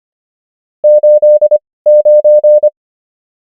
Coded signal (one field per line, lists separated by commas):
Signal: Morse code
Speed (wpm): 25 wpm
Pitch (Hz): 600 Hz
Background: none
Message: 89